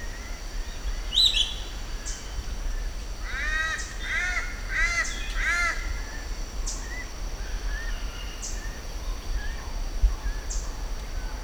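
Giant kingbird giving a burst of harsh, harmonic, arched calls in a chattering group, with a sharp high squeak near the start and steady background hiss.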